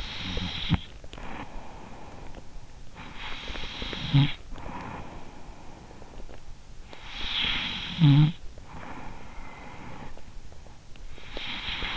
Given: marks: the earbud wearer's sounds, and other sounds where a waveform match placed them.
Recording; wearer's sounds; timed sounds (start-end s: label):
sounds in sleep by an in-ear microphone; snoring breath
0.00-11.97 s: snoring breath